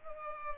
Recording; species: mosquito wingbeat signal from an infrared sensor; Culex pipiens